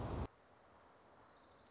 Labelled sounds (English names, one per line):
Orange-crowned Warbler